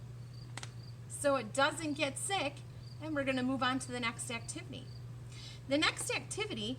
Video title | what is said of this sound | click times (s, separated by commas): CKLA unit 2 lesson 2 | hear the click | 0.6 s